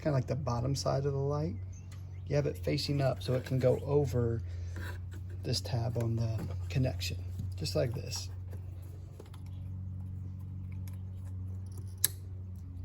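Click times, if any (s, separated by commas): 12.0 s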